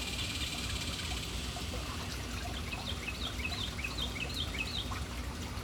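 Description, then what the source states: Birds giving quick high chirps and twitters in a busy run over constant splashing water. City birds at an urban fountain.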